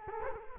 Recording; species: mosquito wingbeat signal from an infrared sensor; Culex quinquefasciatus